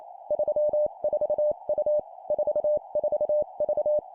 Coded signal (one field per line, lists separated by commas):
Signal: Morse code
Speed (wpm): 28 wpm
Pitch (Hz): 600 Hz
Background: none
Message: 34U 44V